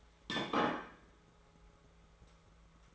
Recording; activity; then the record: daily activity, microphone in the room; place plate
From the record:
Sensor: 3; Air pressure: 1015.0 hPa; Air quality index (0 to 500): 208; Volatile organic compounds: 34 ppm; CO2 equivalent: 3036 ppm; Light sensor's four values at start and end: 33/81/35/37 and 33/81/35/37